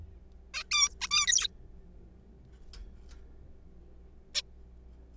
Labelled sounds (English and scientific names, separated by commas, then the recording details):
Zebra Finch (Taeniopygia guttata)
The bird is a juvenile
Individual R3428